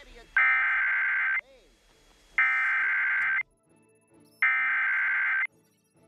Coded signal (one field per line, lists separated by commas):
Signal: Emergency Alert System (SAME) tones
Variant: header bursts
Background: speech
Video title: Arthur activates the EAS